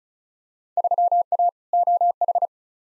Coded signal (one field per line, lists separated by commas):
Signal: Morse code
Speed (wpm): 34 wpm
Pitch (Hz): 700 Hz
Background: none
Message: 3A OH